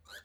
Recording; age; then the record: pig call; piglet (1 to 25 days)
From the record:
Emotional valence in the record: negative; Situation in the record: restrain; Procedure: back test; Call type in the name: high-frequency call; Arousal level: low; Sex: female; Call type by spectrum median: high-frequency call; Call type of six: high-frequency stable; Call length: 0.25 s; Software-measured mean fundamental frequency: 115 Hz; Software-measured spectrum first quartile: 1401 Hz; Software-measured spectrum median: 2479 Hz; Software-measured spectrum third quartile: 4798 Hz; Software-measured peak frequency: 1503 Hz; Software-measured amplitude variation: 164 dB a second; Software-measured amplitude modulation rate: 10.0 a second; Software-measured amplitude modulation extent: 16.5 dB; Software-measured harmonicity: 4.8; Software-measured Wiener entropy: -2.29